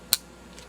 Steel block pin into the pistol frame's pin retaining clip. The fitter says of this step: if you install it correctly if it's oriented the proper way you should hear a light click